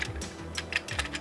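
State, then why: Seated. The plastic chest section of a Hasbro Transformers Age of the Primes combining robot toy is pushed onto its leg assembly, joining by a slot and peg. Several short plastic clicks and rattles are heard, with the strongest, sharpest snap at 0.8 s. The chest snaps into place and is seated on the legs.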